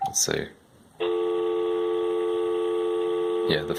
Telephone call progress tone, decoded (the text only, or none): dial tone